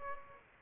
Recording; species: mosquito wingbeat signal from an infrared sensor; Aedes aegypti